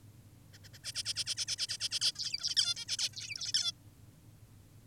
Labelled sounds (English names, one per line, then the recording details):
Zebra Finch
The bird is an adult
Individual g19o10U